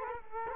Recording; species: mosquito wingbeat signal from an infrared sensor; Culex quinquefasciatus